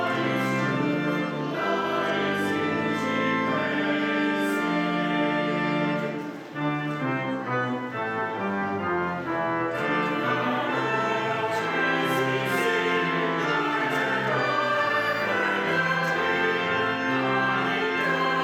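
A choir sings with the organ, the congregation joining in, in a full, steady wall of sustained chords. Around six seconds the sound thins briefly, then the voices and organ return, moving through changing notes at an even, unhurried pace.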